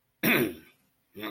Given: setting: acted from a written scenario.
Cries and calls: vocal sound without words; contempt

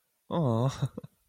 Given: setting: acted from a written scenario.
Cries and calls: vocal sound without words; adoration

